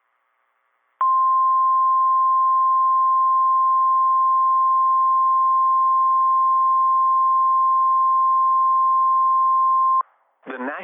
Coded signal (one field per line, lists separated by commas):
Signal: Emergency Alert System (SAME) tones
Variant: 1050 Hz attention tone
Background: speech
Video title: MARCH MADNESS - EAS Alerts from 3/15-16/26 (EAS #701 - #725)